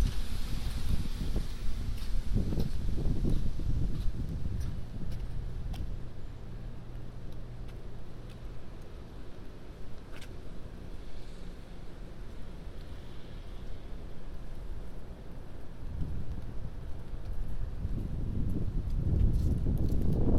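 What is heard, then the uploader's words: Rain falls at night as a steady hiss with scattered light ticks, while wind noise rumbles low underneath. Heavy buffeting gusts hit in the first few seconds and build again strongly near the end, with a calmer stretch in the middle. A binaural field recording, walking up Broadway to the store and back. It was a rainy night, I had an umbrella, but there still is some wind noise in this recording.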